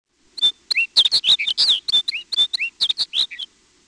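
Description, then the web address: Snow Bunting song, a quick run of warbled notes and short chirps lasting about three seconds, many slurring up or down, on a quiet background. "Peterson North American Birds. snbu"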